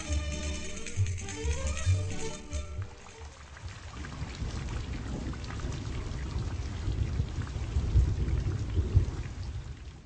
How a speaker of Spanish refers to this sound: Amigo oyente, no le tenga miedo ni a las ráfagas de viento ni a la lluvia. No se prive de sus excelentes paseos aunque llueve o truene.